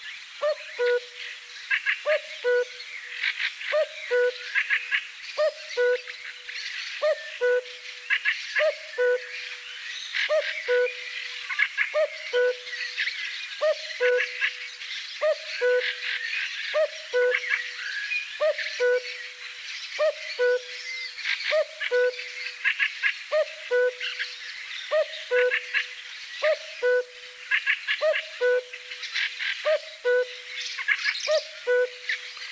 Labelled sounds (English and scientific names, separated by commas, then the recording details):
Common Cuckoo (Cuculus canorus) song
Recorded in the wild
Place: Kaiserstuhl, Baden-Württemberg, DE
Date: 1981-05-10
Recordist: Schwarz, Dieter
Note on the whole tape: Song